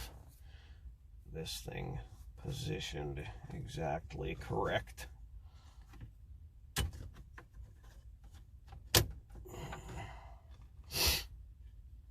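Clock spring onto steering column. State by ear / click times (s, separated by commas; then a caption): seated / 9.0 s. A new clock spring is lined up and pressed onto the steering column of a 2008 Ford Crown Victoria Police Interceptor while someone talks. After some quieter handling noises, it snaps home with a sharp click at 8.9 s, seating it in place.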